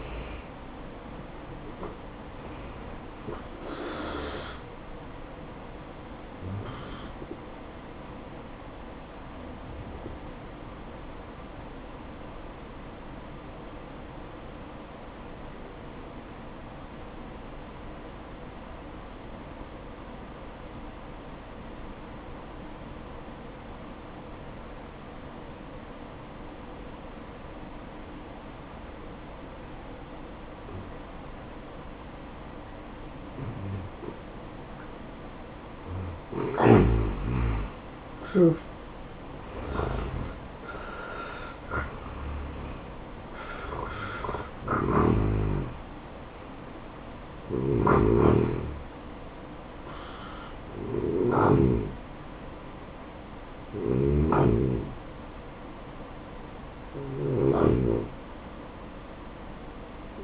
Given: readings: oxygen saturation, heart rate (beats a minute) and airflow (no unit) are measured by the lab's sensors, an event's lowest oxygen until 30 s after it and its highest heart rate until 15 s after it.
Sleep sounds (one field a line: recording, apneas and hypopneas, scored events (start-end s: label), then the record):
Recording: breathing in sleep by a voice recorder at the bedside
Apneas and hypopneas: 1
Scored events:
3.00-60.24 s: new sleep stage, N1 (lightest sleep)
5.00-36.80 s: hypopnea (N1, oxygen 93% highest, then 83% lowest, heart rate 72 at the start, 72 highest)
From the record:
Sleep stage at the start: N2 (light sleep)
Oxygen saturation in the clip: 83 to 93%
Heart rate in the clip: 58 to 73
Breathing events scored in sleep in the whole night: 573 in 9.8 hours asleep